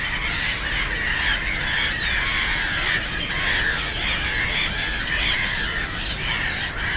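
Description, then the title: Black-headed gulls squawking in a continuous, busy chorus of rough, arching cries, with a low road rumble underneath. Post-coal-mining area turned nature complex, Frog Ponds (Żabie Doły), Bytom, Poland; ponds full of birds, black-headed gulls loudest; nearby DK79 road and railway noise; recorded with Zoom F4 and AT BP4025. "Żabie Doły, Bytom, Polska - Black-headed gulls at Frog Ponds complex"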